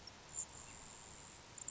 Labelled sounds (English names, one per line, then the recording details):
Grasshopper Sparrow
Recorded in Sonoma County, California